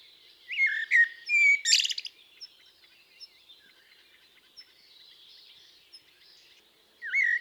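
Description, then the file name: Common blackbird gives a fluted warble ending in a harsh high twitter, then a quiet pause with faint bird chirps before another mellow phrase begins. "Turdus merula"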